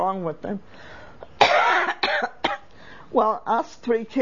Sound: she coughs

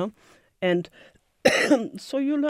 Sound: coughs

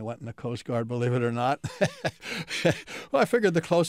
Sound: laughs

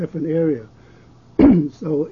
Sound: clears throat

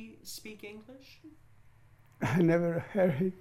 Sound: chuckles

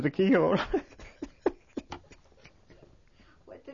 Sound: he laughs

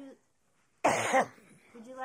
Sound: coughs

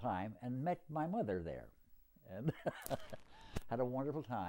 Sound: laughs

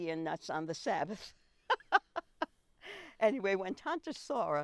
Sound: laughs

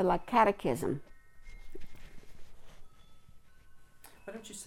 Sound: rustling noises

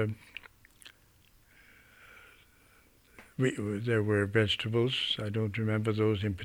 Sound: none

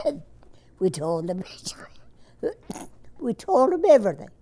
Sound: coughs

